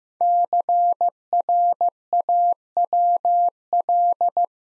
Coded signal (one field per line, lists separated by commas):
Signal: Morse code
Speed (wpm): 15 wpm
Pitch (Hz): 700 Hz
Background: none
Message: CRAWL